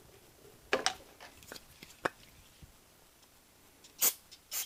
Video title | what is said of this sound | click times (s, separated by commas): 2017 Chevy Truck 1500 Silverado - Front Brake Job - Pads and Rotors! | there I'll get the new hardware snapped back into place nothing too complicated | 0.7 s, 0.9 s